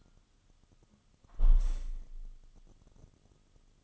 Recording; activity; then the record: daily activity, microphone in the room; close window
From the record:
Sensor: 4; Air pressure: 1005.6 hPa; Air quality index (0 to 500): 98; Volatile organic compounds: 2 ppm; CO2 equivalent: 1222 ppm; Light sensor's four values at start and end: 13/29/11/11 and 13/29/11/11